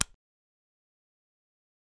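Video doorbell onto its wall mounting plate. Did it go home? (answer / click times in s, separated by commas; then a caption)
yes / 0.0 s. A Nest Hello video doorbell is slid onto the top of its wall mounting plate and pressed down, snapping into place with a single sharp, bright click at 0.0 s that fades within about 0.15 s. Silence fills the rest of the clip, and the doorbell is seated on its wall plate.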